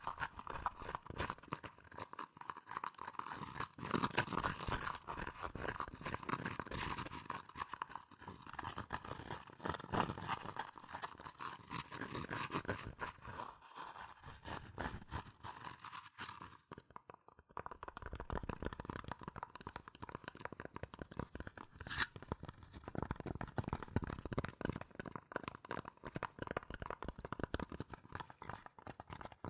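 Fast, dense tapping and scratching on cardboard and paper runs throughout, with bright crackly strokes, a brief lull near 17 seconds, then resuming.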